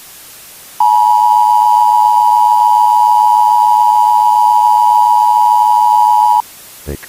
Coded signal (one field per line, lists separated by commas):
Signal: Emergency Alert System (SAME) tones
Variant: 853 and 960 Hz attention tone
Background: speech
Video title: Outfall Incident Video Archive VID 3 | EAS